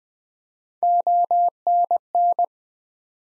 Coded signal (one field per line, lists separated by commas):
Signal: Morse code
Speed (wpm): 20 wpm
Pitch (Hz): 700 Hz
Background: none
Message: ONN